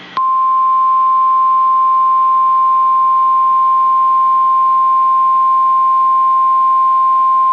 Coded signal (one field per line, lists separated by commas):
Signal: Emergency Alert System (SAME) tones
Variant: 1050 Hz attention tone